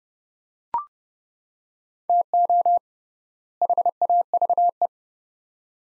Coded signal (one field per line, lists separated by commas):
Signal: Morse code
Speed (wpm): 30 wpm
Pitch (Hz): 700 Hz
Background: none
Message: TO HAVE